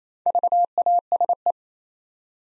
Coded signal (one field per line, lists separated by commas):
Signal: Morse code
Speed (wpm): 27 wpm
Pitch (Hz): 700 Hz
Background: none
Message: VASE